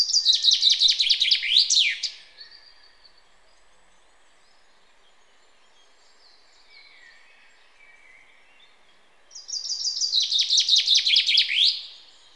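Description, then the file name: Common chaffinch delivering two songs about seven seconds apart, each a rapid cascade of repeated notes falling in pitch, the first finishing with a flourish; soft faint chirps between. "Fringilla coelebs"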